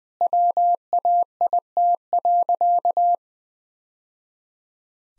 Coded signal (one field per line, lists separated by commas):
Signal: Morse code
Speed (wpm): 20 wpm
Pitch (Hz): 700 Hz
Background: none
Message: WAIT.